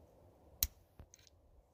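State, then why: Released. On a first-generation Audi Q5 2.0T, a screwdriver turns the plastic locking tab on an ignition coil's wiring harness connector to pull it back and release it from the coil. A sharp click sounds at 0.6 s, followed by a few faint ticks. The latch clicks open and the connector comes off without breaking.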